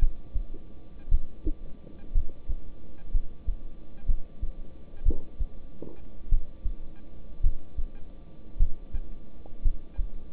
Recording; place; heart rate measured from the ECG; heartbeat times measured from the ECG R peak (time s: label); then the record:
heart sounds by stethoscope; between the tricuspid and mitral areas; 56 bpm
1.09 s: heartbeat
2.13 s: heartbeat
3.12 s: heartbeat
4.06 s: heartbeat
5.03 s: heartbeat
6.29 s: heartbeat
7.41 s: heartbeat
8.57 s: heartbeat
9.62 s: heartbeat
From the record:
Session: rest, lying down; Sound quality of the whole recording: good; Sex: male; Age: 26 years